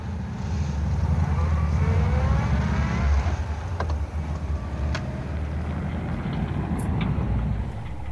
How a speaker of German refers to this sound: Ich holte den Schlüssel, ich fuhr los.